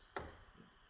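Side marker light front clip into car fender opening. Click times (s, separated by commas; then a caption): 0.2 s. The front retaining clip of a plastic Unity Performance side marker light housing is pushed first into the fender opening of a Type R car. A single sharp click sounds at 0.2 s as the clip snaps in and seats, followed by a brief low rustle that fades out.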